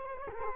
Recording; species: mosquito wingbeat signal from an infrared sensor; Culex quinquefasciatus